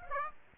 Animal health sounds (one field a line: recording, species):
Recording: mosquito wingbeat signal from an infrared sensor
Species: Aedes aegypti